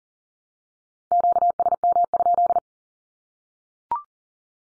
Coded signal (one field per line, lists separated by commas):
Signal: Morse code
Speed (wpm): 40 wpm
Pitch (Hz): 700 Hz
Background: none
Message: QSM?